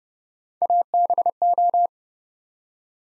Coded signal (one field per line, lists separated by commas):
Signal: Morse code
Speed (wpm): 30 wpm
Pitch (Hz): 700 Hz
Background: none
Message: ABO